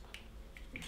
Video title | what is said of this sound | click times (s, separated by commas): How to install Filzer dZ4LW-C3 computer | give the zip tie nice yanks you hear more clicks | 0.1 s, 0.6 s, 0.8 s